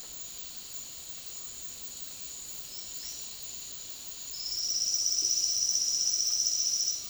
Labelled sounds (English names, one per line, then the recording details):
Silvered Antbird
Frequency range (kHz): Silvered Antbird 4.3-6.3 kHz
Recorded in dense forest near Puerto Asís, Putumayo, Colombia, on 20 February 2024 at 09:00
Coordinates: 0.502, -76.326
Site G6460